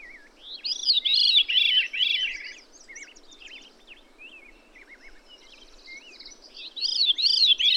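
Bird song: a phrase of four high, arching, slurred notes, then soft scattered chirps, then the phrase starts again.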